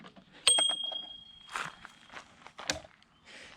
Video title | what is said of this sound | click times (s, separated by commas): Segway Ninebot F2 Pro - Short term review | and then the stem locks in place | 0.5 s